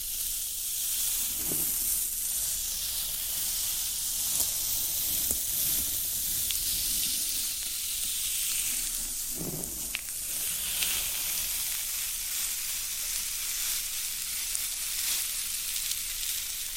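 Floral foam gives a steady, bright fizzing crackle throughout, with soft low thumps near two and ten seconds and scattered faint clicks.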